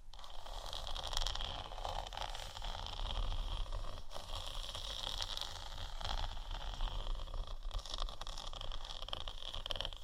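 Steady scratching on faux leather fills the whole clip, a dense, rasping texture with a bright, hissy edge and a low rumble underneath. Loudness stays fairly even, with brief pauses around four seconds and near the ninth second before the scratching resumes.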